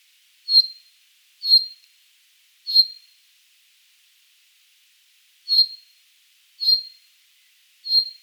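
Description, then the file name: Common chaffinch calling: six crisp, high single notes, three in quick succession, a pause of nearly three seconds, then three more. "Fringilla coelebs"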